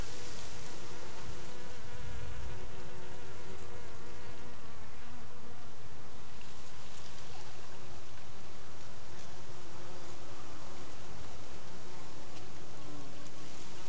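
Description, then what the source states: Bees humming in a continuous, slightly wavering drone with layered tones, heard against a persistent rushing noise. Bees heard together with waves.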